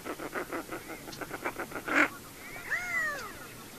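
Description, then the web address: Redhead duck sounds: a run of soft, rapid pulsed notes followed by a drawn-out, rising then falling nasal mewing call near the end. Recorded in North America. "Songs of Birds of North America Stokes. Redhead"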